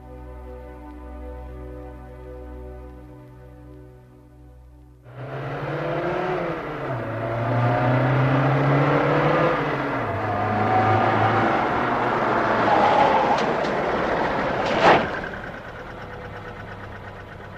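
A car engine hums steadily at idle, then swells into a louder, rougher roar whose pitch rises and falls as it revs, with a sharp knock near the end.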